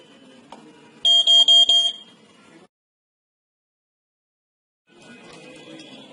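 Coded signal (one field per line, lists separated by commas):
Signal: beep code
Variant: smoke detector ready tone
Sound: four quick shrill beeps in a row, then silence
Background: room background noise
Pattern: 4 short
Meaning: The device is ready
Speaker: Push the button and it will make a noise indicating that the device is ready.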